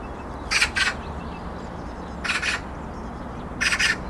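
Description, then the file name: Eurasian magpie giving rasping, doubled chattering notes in three short bursts roughly every one and a half seconds, over a soft background hiss. "Pica pica"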